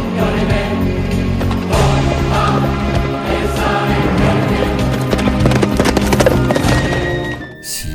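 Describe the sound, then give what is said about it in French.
A horse ridden by a knight in a cuirass gallops along a road with a rapid, steady drumming of hooves, loud and continuous over a dense, rumbling background, with a brief whinny-like tone and fading near the end. “Imaginez ce cavalier revêtu de sa cuirasse, galoper le long de nos routes, tandis qu'au-dessus de lui passe un gros avion civil.”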